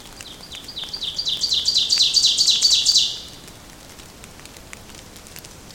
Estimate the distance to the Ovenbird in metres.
about 10 m